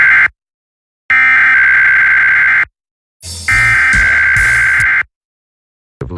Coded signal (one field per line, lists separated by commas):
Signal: Emergency Alert System (SAME) tones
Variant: header bursts